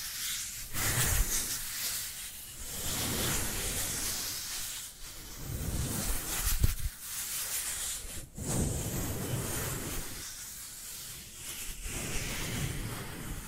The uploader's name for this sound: Dry Dry Dry Hand Sounds